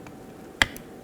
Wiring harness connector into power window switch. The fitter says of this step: Install it into the switch. Push until you hear a click.